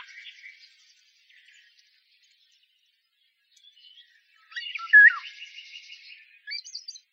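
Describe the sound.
Golden oriole giving a single mellow, fluty whistled phrase that drops in pitch, set among softer scratchy sounds.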